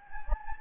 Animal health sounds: mosquito wingbeat signal from an infrared sensor; Anopheles gambiae

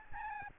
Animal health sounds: mosquito wingbeat signal from an infrared sensor; Aedes albopictus

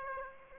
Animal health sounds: mosquito wingbeat signal from an infrared sensor; Aedes aegypti

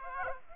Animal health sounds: mosquito wingbeat signal from an infrared sensor; Aedes aegypti

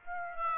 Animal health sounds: mosquito wingbeat signal from an infrared sensor; Aedes aegypti

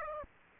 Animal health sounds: mosquito wingbeat signal from an infrared sensor; Aedes aegypti

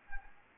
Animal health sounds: mosquito wingbeat signal from an infrared sensor; Anopheles gambiae

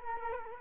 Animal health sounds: mosquito wingbeat signal from an infrared sensor; Culex quinquefasciatus

